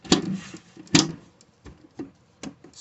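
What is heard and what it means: The plastic clips of a laser cutter's side panel are pushed home onto the housing during reassembly after an X-axis motor swap. Two sharp snaps are heard at 0.1 s and 1.0 s, followed by quieter taps, and the side panel clips seat into place.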